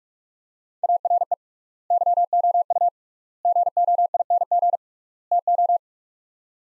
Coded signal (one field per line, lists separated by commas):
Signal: Morse code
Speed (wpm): 44 wpm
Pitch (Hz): 700 Hz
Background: none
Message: ARE YOU GOING TO